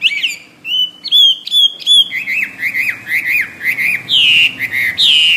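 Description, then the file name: Hwamei singing loud, varied whistles: a few opening notes, then a string of repeated up-down slurred phrases ending in longer loud whistles. "omkicau hwamey"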